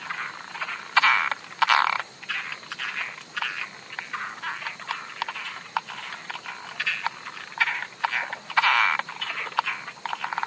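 Frog calls, short rasping croaks and clicks repeated irregularly, several overlapping into a busy chorus with a louder burst near the start and another near the end.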